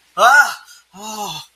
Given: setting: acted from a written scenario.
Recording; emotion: vocal sound without words; fear